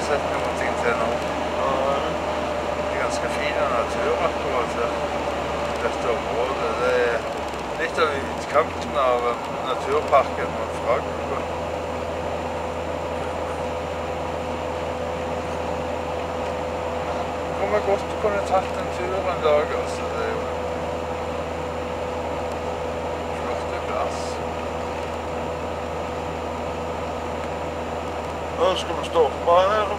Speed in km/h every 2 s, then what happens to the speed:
69, 68, 67, 65, 59, 58, 58, 57, 57, 57, 57, 56, 56, 56, 56.
0-9 slows to 58. 9-30 steady at about 57.